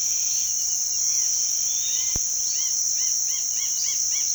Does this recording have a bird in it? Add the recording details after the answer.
yes. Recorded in pastures near Puerto Asís, Putumayo, Colombia, on 19 February 2024 at 07:00. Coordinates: 0.468, -76.328. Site G6414